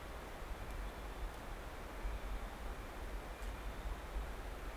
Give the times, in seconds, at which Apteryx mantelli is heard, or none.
0.00-4.77